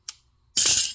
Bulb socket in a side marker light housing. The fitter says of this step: and you would just gently twist it and it'll pop right out.